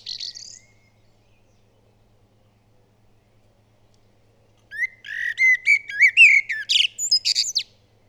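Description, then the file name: Common blackbird: a brief high squeak, a long pause, then a full phrase of low whistled warbling mixed with sharp high twitters. "Turdus merula"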